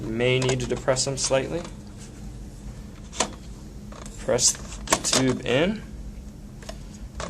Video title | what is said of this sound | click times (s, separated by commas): How to assemble a Graco Lovin Hug Swing | there we go we hear the first click and then open it up and | 7.2 s